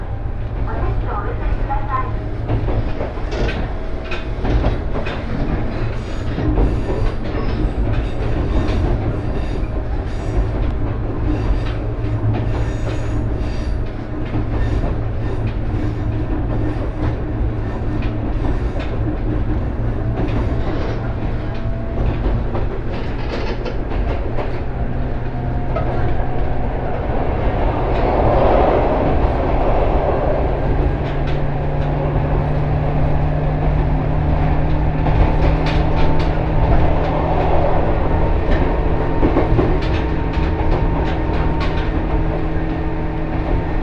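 A ride aboard an Ihara Railway train, with a steady low rumble of the car running along the track throughout. Frequent sharp clicks and knocks from the rails come in the first twenty seconds, and a tone rises and shifts after about 25 seconds as the motor or brakes work.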